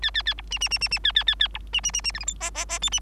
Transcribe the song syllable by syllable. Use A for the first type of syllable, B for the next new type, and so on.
A A A B C C C C C A A A A B C C C C D E F G G G H C